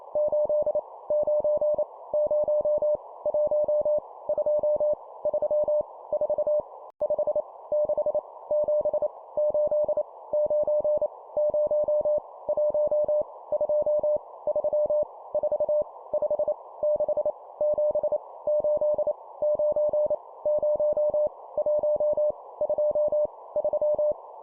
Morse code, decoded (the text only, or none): 8 9 0 1 2 3 4 5 6 7 8 9 0 1 2 3 4 5 6 7 8 9 0 1 2 3